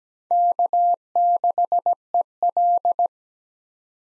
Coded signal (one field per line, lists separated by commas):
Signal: Morse code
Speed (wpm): 17 wpm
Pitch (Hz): 700 Hz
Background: none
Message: K6EL